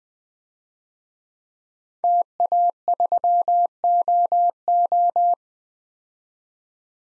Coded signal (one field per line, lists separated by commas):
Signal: Morse code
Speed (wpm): 20 wpm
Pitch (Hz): 700 Hz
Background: none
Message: TA3OO